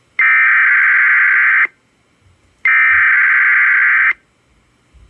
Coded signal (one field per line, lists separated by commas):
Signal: Emergency Alert System (SAME) tones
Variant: header bursts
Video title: Alot of tests and one FFW. EAS Alerts from 8/17/22